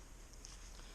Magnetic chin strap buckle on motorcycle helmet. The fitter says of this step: and it simply locks on